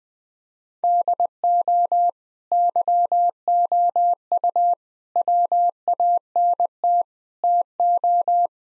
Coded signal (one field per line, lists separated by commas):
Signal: Morse code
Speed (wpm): 21 wpm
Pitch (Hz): 700 Hz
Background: none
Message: DO YOU WANT TO